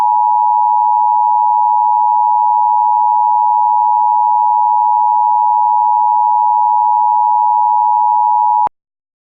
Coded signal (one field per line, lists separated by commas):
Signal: Emergency Alert System (SAME) tones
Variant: 853 and 960 Hz attention tone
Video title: EAS Scenario #6 Satanic Origin